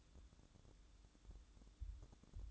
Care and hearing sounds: daily activity, microphone in the room; light on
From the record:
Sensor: 3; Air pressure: 1007.9 hPa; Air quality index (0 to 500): 83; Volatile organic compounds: 1 ppm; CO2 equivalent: 708 ppm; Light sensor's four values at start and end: 12/28/12/12 and 19/51/22/20

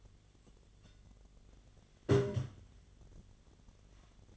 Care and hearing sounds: daily activity, microphone in the room; take from stove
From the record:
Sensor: 4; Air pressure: 1010.9 hPa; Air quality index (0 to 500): 166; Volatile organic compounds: 4 ppm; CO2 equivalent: 1695 ppm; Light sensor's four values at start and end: 41/116/47/48 and 41/116/46/48

